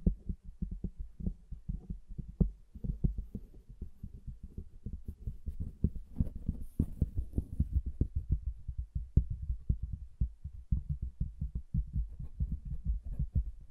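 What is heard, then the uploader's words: Fingers tap and knock on wood in a fast, continuous flurry, many dull, low thuds each second with no real pause. The rhythm is busy and uneven, loudness rising and falling slightly, with a faint brighter scrape around the seven-second mark. ASMR Calming Wood Triggers for Sleep (No Talking).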